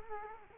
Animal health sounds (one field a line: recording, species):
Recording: mosquito wingbeat signal from an infrared sensor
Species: Culex quinquefasciatus